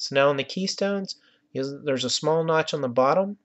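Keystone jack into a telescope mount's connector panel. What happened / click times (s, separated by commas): Handled, not yet home: no seating click, only talk / none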